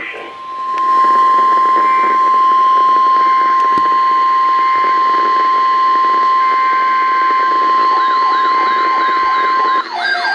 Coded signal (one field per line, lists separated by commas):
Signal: Emergency Alert System (SAME) tones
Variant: 1050 Hz attention tone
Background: speech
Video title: RARE!! (Double Header!) Tornado Watch #28 Expansions! (EAS #1,531-1,532)